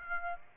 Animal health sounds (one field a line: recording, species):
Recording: mosquito wingbeat signal from an infrared sensor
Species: Aedes aegypti